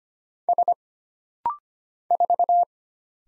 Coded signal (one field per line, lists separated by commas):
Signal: Morse code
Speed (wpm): 25 wpm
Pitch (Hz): 700 Hz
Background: none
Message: S 4